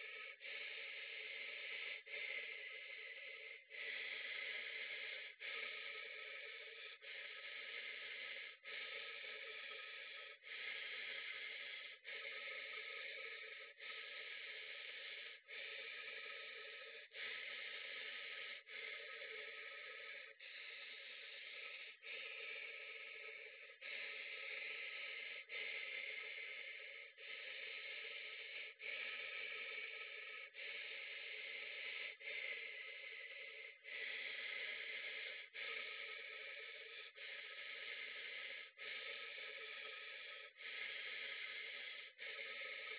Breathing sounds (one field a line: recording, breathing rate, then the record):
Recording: paced breathing near a phone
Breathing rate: 18 breaths a minute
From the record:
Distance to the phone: 40 cm